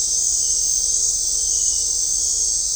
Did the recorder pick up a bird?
no